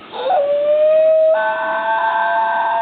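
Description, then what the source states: New Guinea singing dog howl, a sustained siren-like tone that rises sharply and then holds steady, with layered harmonics joining partway through. The dogs point their snouts upward and howl, and are said to mimic fire trucks and tornado sirens.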